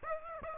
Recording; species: mosquito wingbeat signal from an infrared sensor; Aedes aegypti